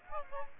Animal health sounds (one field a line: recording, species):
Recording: mosquito wingbeat signal from an infrared sensor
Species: Aedes aegypti